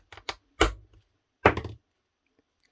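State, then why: Seated. During reassembly of a cheap cordless combi drill, an internal part that must go on first and line up is pressed into the drill gearbox or housing. A few light plastic taps and a louder knock at 0.6 s come before a sharp click with a brief rattle at 1.5 s, then it goes quiet. The part clicks into place and is seated.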